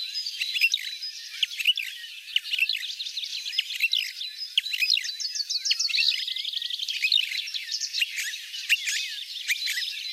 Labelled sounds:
Marsh Warbler (Acrocephalus palustris) song

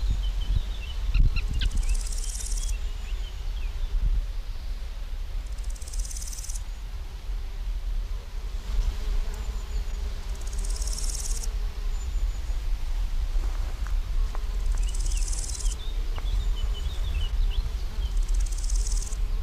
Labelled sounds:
Marsh Warbler (Acrocephalus palustris) song

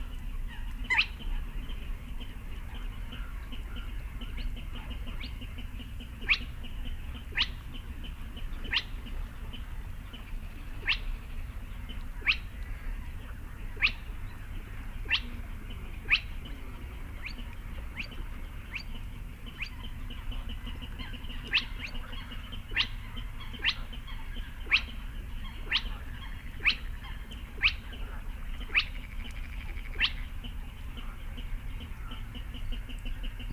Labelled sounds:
Spotted Crake (Porzana porzana)

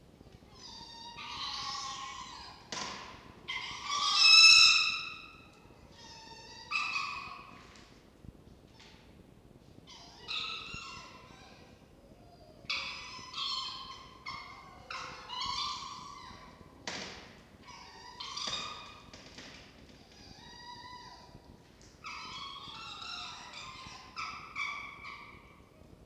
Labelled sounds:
Red Fox (Vulpes vulpes)

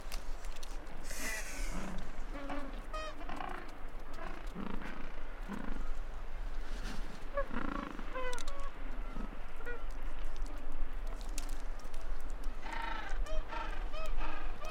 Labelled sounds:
Gentoo Penguin (Pygoscelis papua) call

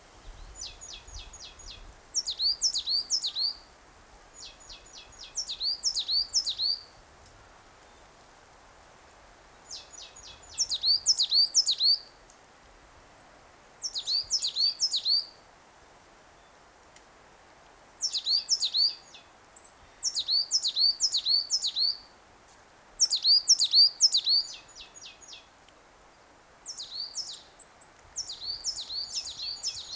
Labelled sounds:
Coal Tit (Periparus ater) song

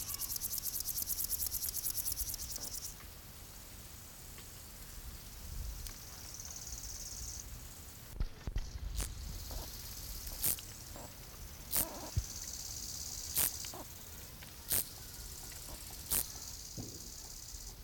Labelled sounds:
Bow-winged Grasshopper (Chorthippus biguttulus) stridulation

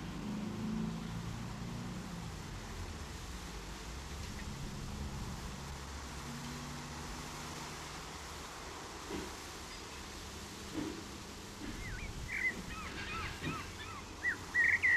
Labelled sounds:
Common Blackbird (Turdus merula) song

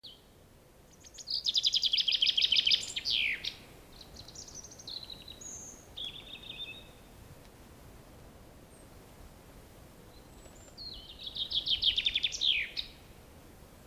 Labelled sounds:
Common Chaffinch (Fringilla coelebs) song

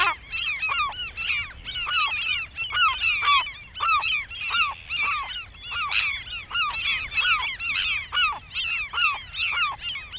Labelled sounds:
European Herring Gull (Larus argentatus) call

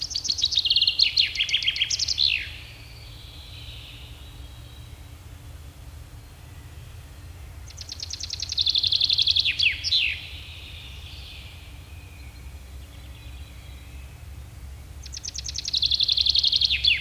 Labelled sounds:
Common Chaffinch (Fringilla coelebs) song

